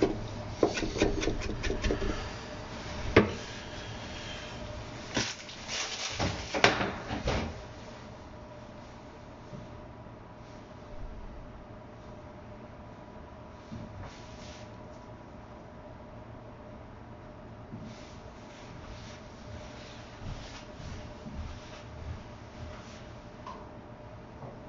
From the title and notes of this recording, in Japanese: キッチンでの物音。粕漬けを作るための粕床を作っています。